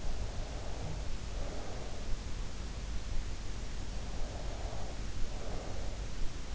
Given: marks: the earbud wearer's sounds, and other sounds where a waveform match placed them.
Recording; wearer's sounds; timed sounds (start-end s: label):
sounds in sleep by an in-ear microphone; breath
0.35-2.10 s: breath
4.25-6.00 s: breath